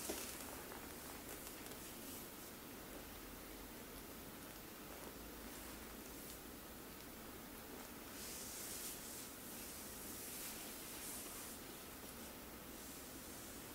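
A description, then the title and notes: A full body massage comes through as a continuous, dense rubbing hiss that hardly changes in level for the whole fourteen seconds. The sharper top of the sound brightens briefly around eight and again near eleven seconds, over a soft, steady low rumble. ASMR FULL BODY massage.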